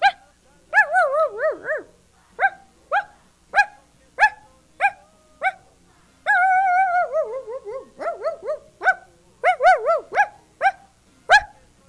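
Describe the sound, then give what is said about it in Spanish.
A small dog named Pipo gives a run of short, high-pitched yips and barks, broken by wavering, drawn-out whines and whimpers, loud and insistent with no talking. “Y bueno, pues estamos con lo del perrito Pipo, que se me olvidó invitarte, Pipo, ayer, pero pues ya sabes, con las prisas.”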